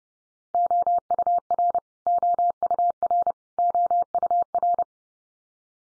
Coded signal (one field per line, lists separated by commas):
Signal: Morse code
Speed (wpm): 30 wpm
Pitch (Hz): 700 Hz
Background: none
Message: OUR OUR OUR